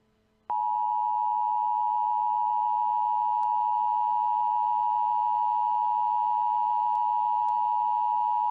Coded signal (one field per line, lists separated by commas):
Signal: Emergency Alert System (SAME) tones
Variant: 853 and 960 Hz attention tone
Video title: EAS MOCK - Evil Darwin Part 1